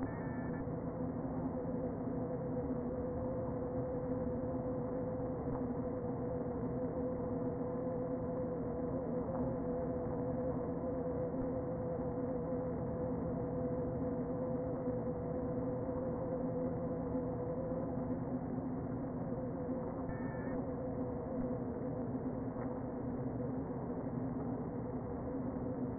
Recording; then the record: honeybee colony, microphone inside the hive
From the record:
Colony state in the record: queen present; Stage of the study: before two queens were removed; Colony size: about 60,000 bees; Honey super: yes